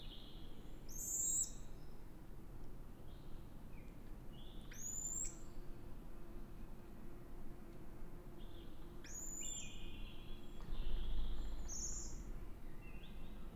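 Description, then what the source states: Eurasian pygmy owl calls: scattered high, thin squeals and soft whistled notes at irregular intervals, faint against constant background hiss. Food pass, with various calls of male, female and nestlings.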